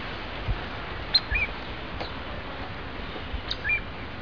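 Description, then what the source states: Groove-billed ani giving short, high two-part calls: a sharp note followed by a lower slurred one, heard twice about two seconds apart over steady background hiss. Recorded at Mitchell Lake.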